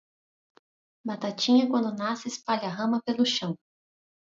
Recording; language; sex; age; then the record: short text; Brazilian Portuguese; female; 30 to 39 years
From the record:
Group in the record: control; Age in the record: 35 years